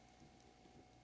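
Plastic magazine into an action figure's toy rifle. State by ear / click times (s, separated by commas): not seated / none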